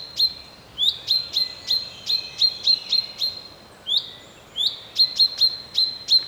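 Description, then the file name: Common chaffinch: a steady series of short, ringing 'pink' notes, some paired, some in fast runs, with a thin high tone running underneath. "Fringilla coelebs"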